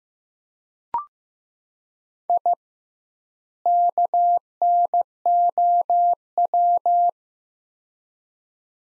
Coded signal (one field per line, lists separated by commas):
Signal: Morse code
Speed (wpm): 15 wpm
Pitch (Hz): 700 Hz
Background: none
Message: I KNOW